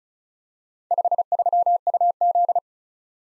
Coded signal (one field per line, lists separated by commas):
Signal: Morse code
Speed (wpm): 35 wpm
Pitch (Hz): 700 Hz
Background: none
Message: 53UZ